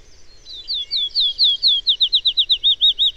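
Bird song: a phrase of high slurred notes that quickens into a rapid repeated series.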